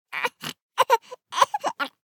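About eight short, rough bursts in two seconds, some with a thin, high voiced edge, from a 3-month-old baby boy coughing repeatedly; a plain infant cough sequence.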